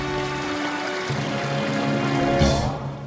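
Water runs steadily from a garden hose that Alex dropped without turning off the water, so it spreads slowly but steadily everywhere, a continuous hissing, splashing flow that holds an even level, with a faint low hum underneath and no voices.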